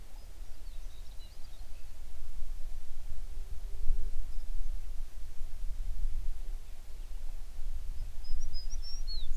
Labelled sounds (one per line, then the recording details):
songbird
shorebird
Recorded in the Prudhoe Bay oil fields, Alaska, on 11 June 2019 at 04:59
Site 21